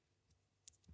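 A second identical plastic LEGO part is pressed into its housing on a LEGO DeLorean brick model and seats with a sharp, bright snap at 0.7 s. Fainter ticks and a soft low thump follow around 0.85 to 0.95 s.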